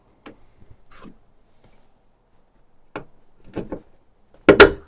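The upper socket end of a replacement gas hood strut is pushed onto its mounting ball stud on a pickup's hood. A few soft knocks and a sharper tap at 3.0 s lead up to a loud snap at 4.5 s, followed by a second ringing hit just after. The strut end seats on the ball stud, going on easily and snapping right in.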